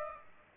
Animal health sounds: mosquito wingbeat signal from an infrared sensor; Aedes aegypti

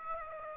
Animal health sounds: mosquito wingbeat signal from an infrared sensor; Aedes aegypti

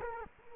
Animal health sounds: mosquito wingbeat signal from an infrared sensor; Culex quinquefasciatus

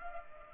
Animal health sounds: mosquito wingbeat signal from an infrared sensor; Culex pipiens

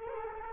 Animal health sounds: mosquito wingbeat signal from an infrared sensor; Culex quinquefasciatus

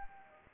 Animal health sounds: mosquito wingbeat signal from an infrared sensor; Anopheles arabiensis

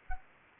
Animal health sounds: mosquito wingbeat signal from an infrared sensor; Anopheles arabiensis

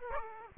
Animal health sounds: mosquito wingbeat signal from an infrared sensor; Aedes aegypti

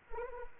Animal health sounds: mosquito wingbeat signal from an infrared sensor; Anopheles arabiensis

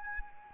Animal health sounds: mosquito wingbeat signal from an infrared sensor; Anopheles arabiensis

